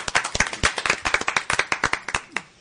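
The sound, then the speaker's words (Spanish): A brief burst of audience applause for two professionals who lead adventures on the island of Lanzarote, with many sharp hand claps overlapping in a quick, uneven patter, fairly loud and steady for a couple of seconds, with no talking over it. “Yo de verdad que un aplauso por ellos.”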